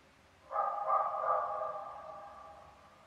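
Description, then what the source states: Coyote howl: one sustained wavering howl begins abruptly, holds steady, then slowly fades away over about two seconds. Several coyotes, recorded 5 November 2015.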